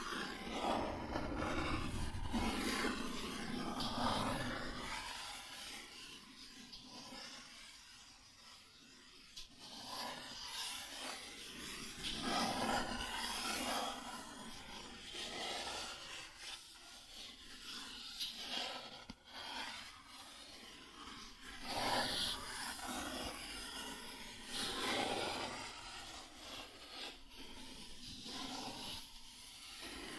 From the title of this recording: Cardboard Scratching, Tracing, Tearing